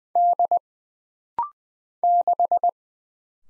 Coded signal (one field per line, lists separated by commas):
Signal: Morse code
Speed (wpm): 20 wpm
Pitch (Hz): 700 Hz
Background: none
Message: D 6